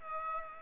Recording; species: mosquito wingbeat signal from an infrared sensor; Culex pipiens